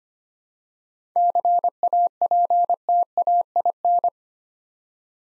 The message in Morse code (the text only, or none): CAPTAIN